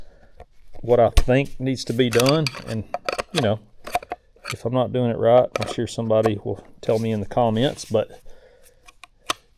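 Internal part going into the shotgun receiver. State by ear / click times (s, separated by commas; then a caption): seated / 9.3 s. During reassembly of a Stoeger M3020 shotgun after cleaning, a reluctant internal part is slid back into the shotgun receiver while someone talks. A few light metallic taps and scrapes come near the end, and the part finally seats with a sharp click at 9.3 s.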